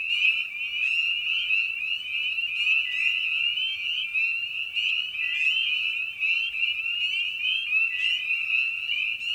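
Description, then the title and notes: Chorus of spring peepers, dense high peeps layered into a constant piercing band. Evening at a frog pond; presented in a modified format intended as a sleep aid. "Night of the Peepers. Spring Peeper (Pseudacris crucifer). Ian Carlsen"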